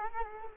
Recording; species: mosquito wingbeat signal from an infrared sensor; Culex quinquefasciatus